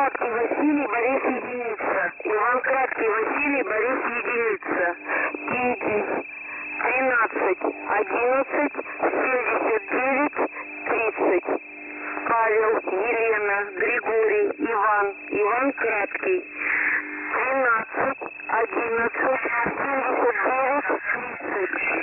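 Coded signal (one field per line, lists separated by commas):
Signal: coded military voice message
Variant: The Pip, Russian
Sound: single voice speaking steadily over a narrow, muffled shortwave radio channel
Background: radio noise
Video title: The Pip Voice Message November 27, 2021 09:03 UTC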